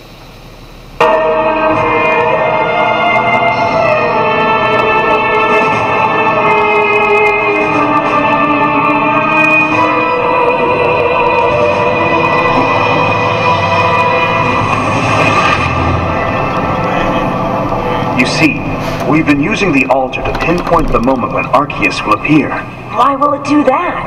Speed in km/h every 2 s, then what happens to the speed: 5, 11, 12, 13, 18, 25, 36, 44, 51, 50, 46, 37.
0-16 speeds up to 51. 19-24 slows to 37.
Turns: 0-5, 5-10.